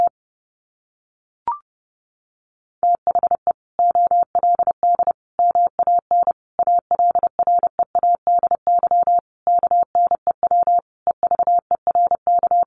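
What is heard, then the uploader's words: Morse code sent as a clean, steady beeping tone at a single mid pitch, broken into short dots and longer dashes with brief gaps between letters and words. A lone higher blip comes near 1.5 seconds, then keying runs steadily from about 3 seconds to the end. Sentences from Top 700 Words 30wpm. First, the words are sent in Morse code.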